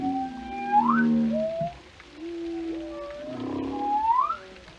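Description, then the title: Whale calls, sweeping rising tones that climb steeply, overlapping a low harmonic moan, then another upsweep near the end. "Journey to the Depths: Discovering the World of Whales"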